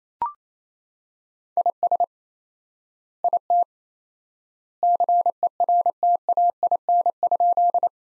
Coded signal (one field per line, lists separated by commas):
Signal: Morse code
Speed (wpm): 28 wpm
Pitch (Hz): 700 Hz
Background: none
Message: IS IT CERTAIN?